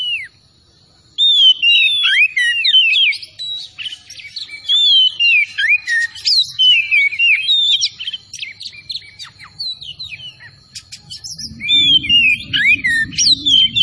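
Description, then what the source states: Oriental magpie-robin delivers near-continuous loud, varied whistles and chirps after a brief silent start; a low rumbling sound joins near the end. Kacer Tretes bird, singing vigorously (gacor).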